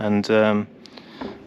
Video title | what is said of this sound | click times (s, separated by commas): Replica Wheels and a Knackered Gearbox | yeah, stripped. | 0.9 s, 1.0 s, 1.2 s